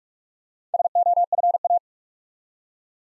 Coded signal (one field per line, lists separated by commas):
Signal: Morse code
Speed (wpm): 44 wpm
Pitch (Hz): 700 Hz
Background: none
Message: SOFA